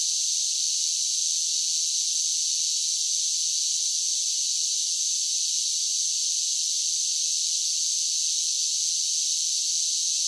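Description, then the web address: Cicadas give a continuous high buzzing drone, steady and unbroken throughout with no pauses or pitch changes. "Blastwave INSECTS Cicadas Sing"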